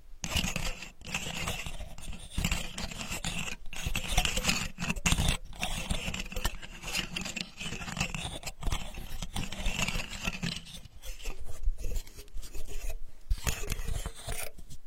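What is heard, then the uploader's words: Sandalwood is tapped and worked in a dense, busy run of small hits and scratchy, rasping strokes that barely let up. Short breaks fall around 1, 5, 8.5 and 13 seconds, and the sound thins out briefly near 11 seconds before picking back up. Healing sandalwood tapping experience SPA.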